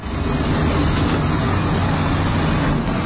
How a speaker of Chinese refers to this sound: 这是半壁店23号养老工程深夜11点施工发出的声音。深夜即使关上窗户，在工地东侧依然是家小区的居民家里，依然能够清晰地听到。